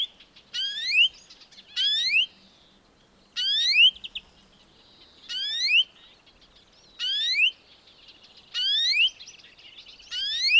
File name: Chloris chloris